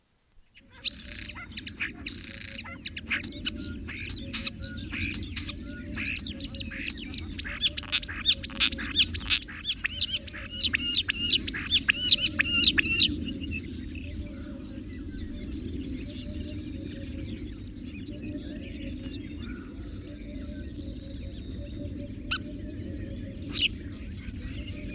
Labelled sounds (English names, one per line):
European Starling song